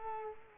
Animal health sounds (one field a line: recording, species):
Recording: mosquito wingbeat signal from an infrared sensor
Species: Culex quinquefasciatus